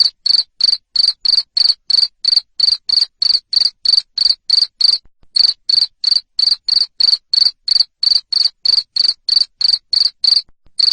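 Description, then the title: Cricket giving loud, high, buzzy chirps in a rapid even series, roughly three per second, broken by a short pause midway and another near the end. Loud chirping cricket (jangkrik ngerik) sound used to stimulate lovebirds to sing (ngekek) continuously. "Suara JANGKRIK NGERIK Keras Bikin LOVEBIRD Jadi NGEKEK Terus"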